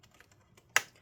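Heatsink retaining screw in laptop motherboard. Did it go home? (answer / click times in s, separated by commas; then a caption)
released / 0.8 s. The second Torx T8 heatsink retaining screw on a Lenovo ThinkPad P1 Gen 5 laptop motherboard is unscrewed. A sharp click at 0.8 s marks it releasing, followed by a softer click at 1.0 s, with faint ticks before. The screw comes loose.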